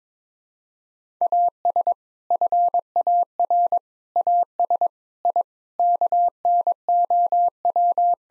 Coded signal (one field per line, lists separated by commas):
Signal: Morse code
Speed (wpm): 22 wpm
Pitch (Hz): 700 Hz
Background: none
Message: AS FAR AS I KNOW